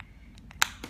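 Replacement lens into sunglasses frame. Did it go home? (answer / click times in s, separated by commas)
yes / 0.6 s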